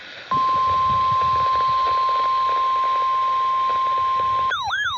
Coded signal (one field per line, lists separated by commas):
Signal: Emergency Alert System (SAME) tones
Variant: 1050 Hz attention tone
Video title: KXI66 6pm Required Weekly Test 11/5/25 EAS #512